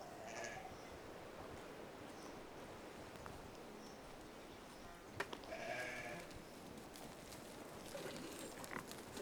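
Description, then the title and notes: Sheep bleating in short nasal bursts near the start, middle and end, with clicks and knocks. Sheep recorded on a farm during milking, at 12h. "granja de Manuel mientras ordeña a sus ovejas. 12h."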